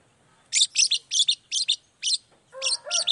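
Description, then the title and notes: Long-tailed shrike song of harsh, high chattering notes given in quick pairs and groups, with a faint mid-pitched tone in the last second. Morning song with a 'toet toet' variation, played to provoke other long-tailed shrikes into responding. "Cendet Gacor Dor Di Kala Pagi Toet Toet Variasi Suara. Burung cendet"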